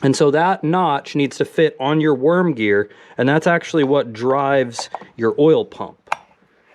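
A chainsaw clutch drum is pushed onto the crankshaft so its notch engages the worm gear that drives the oil pump, while someone talks. A sharp metallic click at 6.1 s marks the drum seating on the worm gear.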